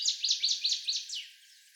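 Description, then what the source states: Northern waterthrush song: about six loud, sharp, downslurred notes in quick succession, each roughly a fifth of a second apart, fading toward the end. 17 songs of the species.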